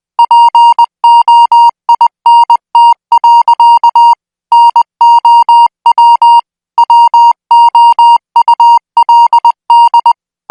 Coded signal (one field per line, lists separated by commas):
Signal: Morse code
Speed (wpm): 20 wpm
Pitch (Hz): 940 Hz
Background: music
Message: POINT. NOW WOULD